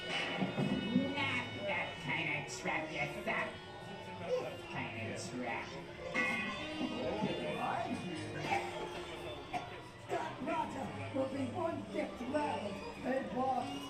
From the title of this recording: Mickey's Toon Town, Disneyland Binaural Recording